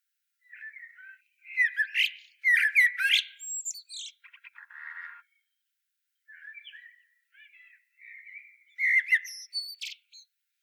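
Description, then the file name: Common blackbird singing separate phrases of fluted whistles and high squeaky twitters, with a brief buzzy rattle in the middle. "Turdus merula"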